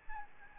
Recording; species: mosquito wingbeat signal from an infrared sensor; Aedes albopictus